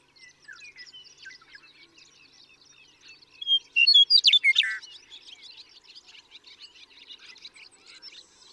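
Western meadowlark song: a flute-like, gurgling phrase in the middle, set against dense, continuous chirping from many other birds.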